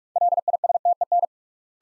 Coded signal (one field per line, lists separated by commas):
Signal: Morse code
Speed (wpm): 47 wpm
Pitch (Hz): 700 Hz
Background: none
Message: LISTEN